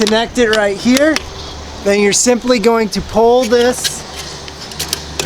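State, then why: Seated. On a 2020 Airstream Bambi 16RB, the metal awning support arm is connected to the trailer side bracket and pulled toward the person while someone talks. Several sharp hits follow near the end, with the arm clicking locked into the bracket at 4.9 s.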